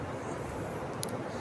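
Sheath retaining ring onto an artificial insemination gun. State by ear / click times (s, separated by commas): seated / 1.0 s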